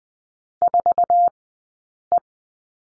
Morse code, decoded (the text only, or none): 4E